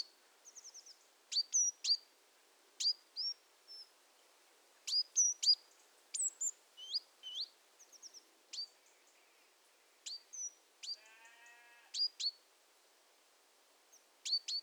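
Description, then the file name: Great tit giving many short, high, sharp call notes and thin slurred whistles, scattered irregularly, with one brief buzzy rattle later on. "Parus major"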